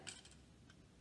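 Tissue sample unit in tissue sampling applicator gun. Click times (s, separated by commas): 0.1 s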